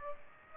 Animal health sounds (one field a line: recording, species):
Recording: mosquito wingbeat signal from an infrared sensor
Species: Aedes aegypti